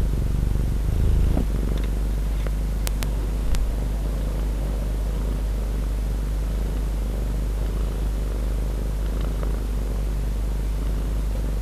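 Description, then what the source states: Domestic cat purring steadily, a deep continuous rumble that holds evenly throughout, with a few brief clicks. Pet cat named Donna, recorded 23 February 2011.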